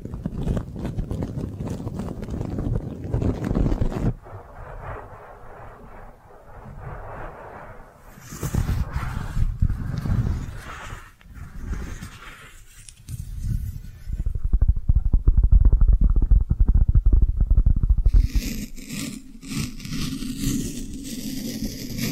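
Brushing and squishy trigger sounds shift through several textures: dense rustling strokes for the first four seconds, softer muffled squishing through the middle, then heavy low rubbing around 14–18 seconds. A brighter, crisper brushing returns near the end.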